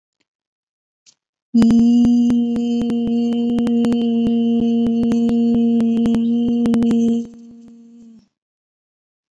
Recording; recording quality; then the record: sustained vowel as in beet; moderate, slight background noise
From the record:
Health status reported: COVID-19 positive, no symptoms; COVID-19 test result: positive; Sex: female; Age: 31 years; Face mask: not worn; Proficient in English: yes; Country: India